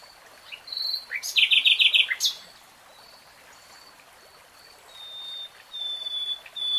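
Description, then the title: Nightingale song with faint whistles, a quick rattle of repeated notes, a long quiet pause, then sustained pure whistles. Singing in real time. "[Tiếng chim hót] 3 Hours REALTIME Nightingale Singing"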